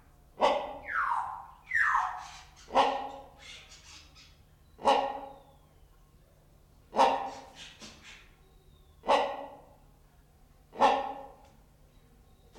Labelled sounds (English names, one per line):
Common Hill Myna